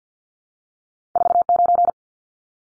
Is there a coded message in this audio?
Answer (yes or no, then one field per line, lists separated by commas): yes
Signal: Morse code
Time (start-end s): 1.2-1.9 s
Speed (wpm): 48 wpm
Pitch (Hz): 700 Hz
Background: none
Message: 49